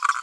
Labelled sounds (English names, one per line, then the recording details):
Green-rumped Parrotlet babbling
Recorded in a nest box in Venezuela
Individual 18B25A5